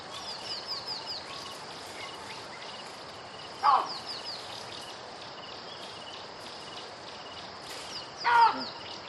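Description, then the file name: Baboon barks: two short, loud, harsh calls about five seconds apart over steady background noise. "audio hero Baboon"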